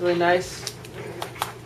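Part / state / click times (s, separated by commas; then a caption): plastic center cap onto a speed-cube center piece / seated / 1.2 s, 1.4 s. A plastic center cap is pressed onto a Dayan speed-cube center piece after the tension is set, while someone talks. Sharp, short clicks are heard at 1.2 s and 1.4 s as the cap clicks into place and seats.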